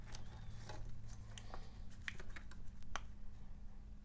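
After its hands are fixed, a watch movement is handled as it goes back into its metal case, with faint scraping and light ticking over a steady low hum and sharper small taps near 2.1 and 3.0 seconds. The movement has not snapped into the case yet; nothing has seated.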